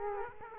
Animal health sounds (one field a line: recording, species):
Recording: mosquito wingbeat signal from an infrared sensor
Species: Aedes aegypti